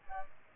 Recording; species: mosquito wingbeat signal from an infrared sensor; Aedes albopictus